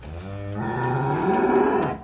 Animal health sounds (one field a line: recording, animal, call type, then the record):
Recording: contact call of a hoofed animal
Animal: cattle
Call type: low-frequency (closed-mouth) or high-frequency (open-mouth) call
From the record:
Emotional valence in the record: positive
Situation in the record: physical reunion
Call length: 2.0 s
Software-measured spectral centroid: 1200 Hz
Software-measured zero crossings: 1230 a second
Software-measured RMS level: -23 dBFS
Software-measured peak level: -7 dBFS